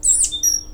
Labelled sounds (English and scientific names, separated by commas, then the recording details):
Stitchbird (Notiomystis cincta) song
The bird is a male
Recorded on Tiritiri Matangi Island, New Zealand, in 2005
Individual 17, of nest box 25